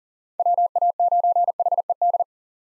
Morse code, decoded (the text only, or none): WA9HED